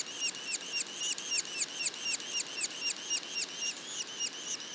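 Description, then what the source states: Yellow-bellied sapsucker juvenile calls, thin and shrill, in a fast regular chain of short down-slurred notes, roughly four per second. Juveniles; Mont-Orford National Park, Quebec.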